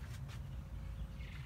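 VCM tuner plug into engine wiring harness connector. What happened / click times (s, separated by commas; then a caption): Handled, not yet home: no seating click / none. The first plug of a VCM tuner module (variable cylinder management suppressor) for a 2011-2017 Honda Odyssey 3.5 liter V6 is handled at the engine wiring harness connector. A steady low rumble runs throughout, with brief bursts of broadband hiss around 0.1–0.2 s and 0.3–0.4 s, and a faint higher tone near the end. Nothing has seated or clicked yet.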